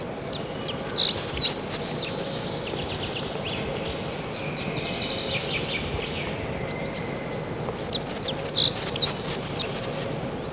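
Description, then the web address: Dunnock: small bird singing brief high jingling warbled phrases at start and end, separated by a long gap, with constant loud rushing background noise. Spring. "vremena vesna zavirushka lesnaja"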